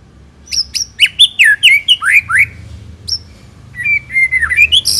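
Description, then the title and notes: White-rumped shama song, jumbled sharp whistles and squeaky notes, then a fluttering warble, over a low background rumble. Long-duration lure (pikat) used to attract the birds. "Pikat Murai Batu Durasi Panjang. Burung Murai Batu"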